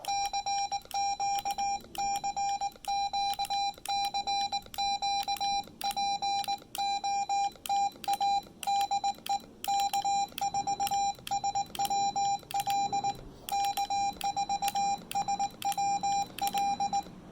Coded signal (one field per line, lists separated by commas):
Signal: Morse code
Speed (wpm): 19 wpm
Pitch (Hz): 800 Hz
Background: none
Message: CQ CQ CQ POTA DE K4SWL K4SWL